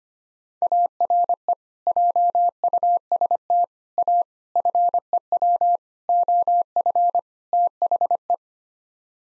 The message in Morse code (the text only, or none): ARE JUST A FEW OF THE